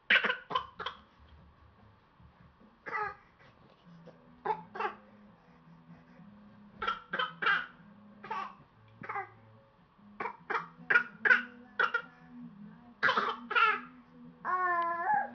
Cough.